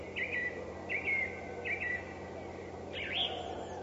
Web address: grive musicienne oiseaux chanteurs des forets russes